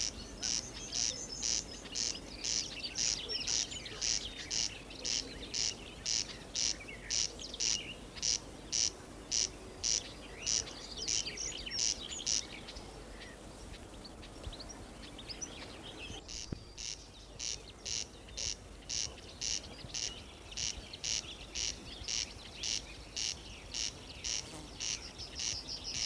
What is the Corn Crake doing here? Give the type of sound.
call